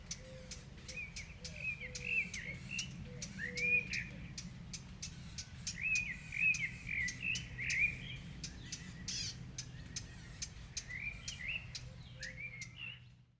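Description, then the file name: Eurasian blackcap giving hard, dry tack calls repeated rapidly, mixed with warbled chattering phrases, over a steady low rumble. "Sylvia atricapilla"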